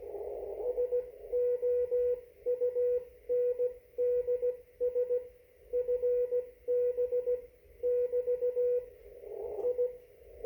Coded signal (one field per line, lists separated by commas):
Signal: Morse code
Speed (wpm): 16 wpm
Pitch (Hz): 490 Hz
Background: radio noise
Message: SOUNDS FB <BT> I